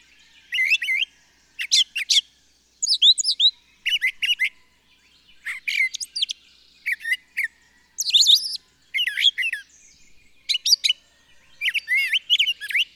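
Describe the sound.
Bird song: a lively run of high twittering phrases, each a quick cluster of chirps and warbled notes, repeated steadily about every second.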